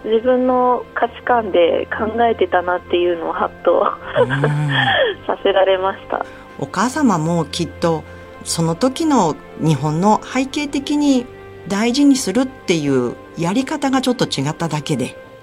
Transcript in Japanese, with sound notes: 自分の、価値観で、考えてたなっていうのを、ハッとおッホッフー （苦笑）
うーん
させられました。
お母様も、きっと・・その時の、日本の、背景的に・・大事にするっていう、やり方がちょっと違っただけで。